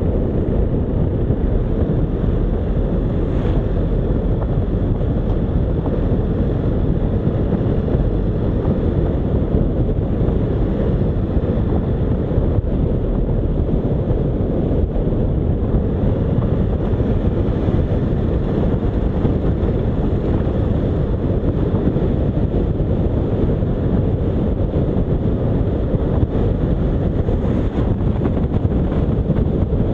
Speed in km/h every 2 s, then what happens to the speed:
38, 42, 43, 45, 45, 45, 45, 45, 47, 49, 50, 51, 51, 50, 49.
0-19 speeds up to 50. 19-30 steady at about 50.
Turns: none.